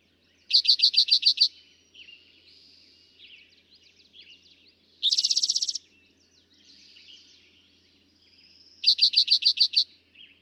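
Eastern towhee song: two series of about seven rapid high notes, separated by a dense buzzy trill, with other birds calling faintly in the background.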